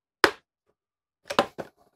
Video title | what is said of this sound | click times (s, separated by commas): INSE CORDLESS VACUUM ! WOW !! YOU REALLY NEED THIS!!! | yeah there nice click to it | 0.2 s